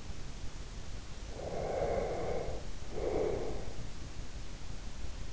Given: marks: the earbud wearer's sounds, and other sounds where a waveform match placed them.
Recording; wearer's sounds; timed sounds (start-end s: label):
sounds in sleep by an in-ear microphone; breath
1.27-3.92 s: breath